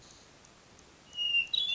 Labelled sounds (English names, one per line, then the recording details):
Hermit Thrush
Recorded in Sonoma County, California